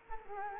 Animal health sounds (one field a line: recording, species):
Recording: mosquito wingbeat signal from an infrared sensor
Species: Culex quinquefasciatus